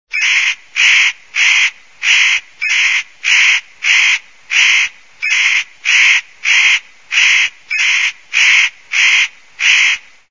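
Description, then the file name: Spotted nutcracker giving harsh, rasping, crow-like calls, about sixteen evenly spaced calls in ten seconds, each call short and grating, with a quiet background. "tannenhaeher"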